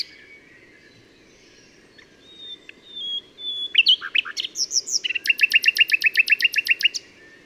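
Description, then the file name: Common nightingale song: a few thin whistles, then a rapid series of loud, evenly repeated chattering notes for about two seconds. "Luscinia megarhynchos"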